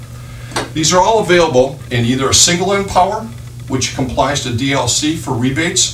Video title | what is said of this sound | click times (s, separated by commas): How To Choose The Correct LED Tube Light. Not All Are The Same | same configuration same pins literally snaps right in | 0.6 s